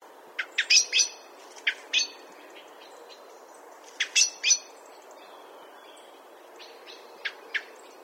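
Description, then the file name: Common blackbird giving scattered sharp clicking chink notes, some in short clusters of two to four, with quiet gaps between them. "Turdus merula"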